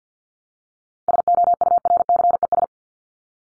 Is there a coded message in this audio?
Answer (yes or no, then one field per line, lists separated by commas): yes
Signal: Morse code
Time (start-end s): 1.1-2.6 s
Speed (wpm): 50 wpm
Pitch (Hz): 700 Hz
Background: none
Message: SOURCES